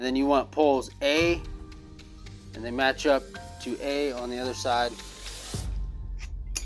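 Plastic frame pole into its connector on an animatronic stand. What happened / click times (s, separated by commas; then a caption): The frame pole snapped into its connector / 6.6 s. A plastic frame pole A is matched to its H2A connector on the other side of the stand for a 6.6 ft Michael Myers Halloween II animatronic from Party City (2022) and pushed in. Someone talks over background music, then a single loud, sharp snap comes at 6.6 s. The snap-in pole seats in its connector.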